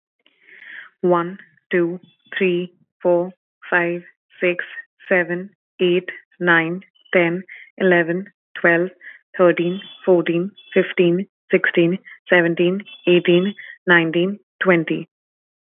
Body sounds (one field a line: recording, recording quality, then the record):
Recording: counting at a normal pace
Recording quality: excellent, no background noise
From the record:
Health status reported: COVID-19 positive, no symptoms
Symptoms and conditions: sore throat, fatigue, muscle pain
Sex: female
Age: 24 years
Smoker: not ticked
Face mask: not worn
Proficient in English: yes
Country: India